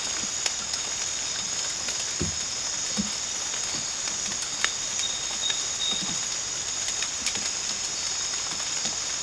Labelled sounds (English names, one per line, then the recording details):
none
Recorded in dense forest near Puerto Asís, Putumayo, Colombia, on 8 March 2025 at 02:00
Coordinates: 0.486, -76.317
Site G053